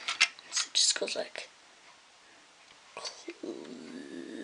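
A plastic toy 4x4 is handled against a plastic brick-built LEGO 7347 Highway Pickup truck or trailer as it is about to be clipped on, while someone talks briefly at the start. After a quiet pause there are light plastic knocks and taps around 3.0 and 3.3 seconds, followed by a low, steady rumble of handling noise to the end. Nothing has clicked or seated yet.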